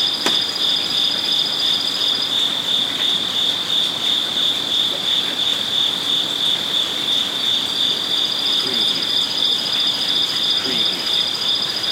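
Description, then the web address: Crickets keep up a steady high pulsed trill; a sharp click sounds near the start and the upper ringing tone drops out for several seconds in the middle. Crickets at night beside a koi pond in a zen garden in Kyoto, Japan. "lynne-publishing amb crickets koipond Kyoto zen garden night Japan"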